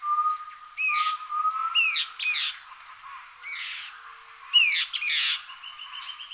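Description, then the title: Bird song: harsh, squawky downslurred notes in short bursts, with a thin steady whistle running underneath at the start and near the end. "LuckyPassaro Completos2Sama"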